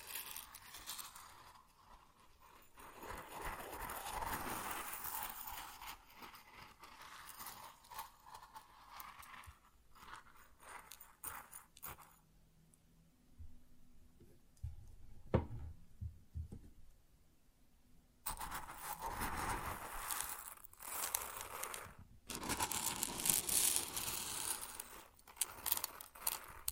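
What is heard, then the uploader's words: Grains rustle and patter in a dense, crackling stream, swelling and thinning for the first twelve seconds. A quieter stretch follows with only a few soft knocks and low thumps, then the bright, gritty pouring returns at about eighteen seconds and runs to the end. ASMR Grain Sounds (No Talking).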